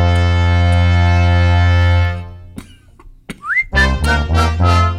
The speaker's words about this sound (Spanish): Uy, ahí estaba tosiendo. Eso, toser así en esa época era no había problema, ¿cierto? Bueno, está tosiendo por el peche.